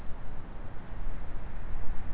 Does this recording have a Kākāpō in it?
no